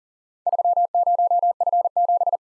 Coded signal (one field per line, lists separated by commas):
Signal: Morse code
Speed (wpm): 39 wpm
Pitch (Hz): 700 Hz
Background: none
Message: 30F7